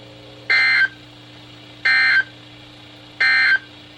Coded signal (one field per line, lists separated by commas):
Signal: Emergency Alert System (SAME) tones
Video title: EAS #76-#99: All Hazards Insanity | KHB36 & WNG736